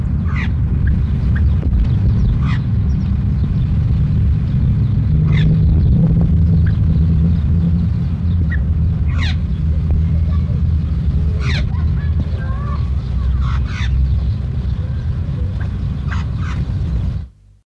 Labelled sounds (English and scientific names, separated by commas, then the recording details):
Lesser Necklaced Laughingthrush (Garrulax monileger) call
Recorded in captivity
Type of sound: call
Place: Zoo Gelsenkirchen, Nordrhein-Westfalen, DE
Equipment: Halbspur, 9,5 cm/s
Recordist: Lütgens, Hans
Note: Rufe